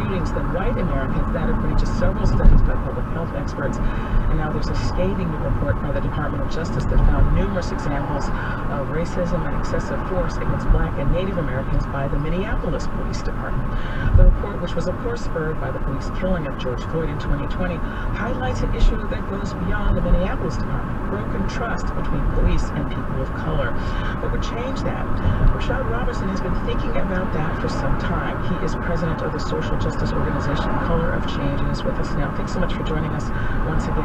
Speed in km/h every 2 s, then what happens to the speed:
48, 48, 52, 53, 53, 53, 53, 52, 53, 52, 55, 56, 58, 58, 58, 56, 56.
0-19 steady at about 52. 19-24 speeds up to 58. 24-34 steady at about 58.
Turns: none.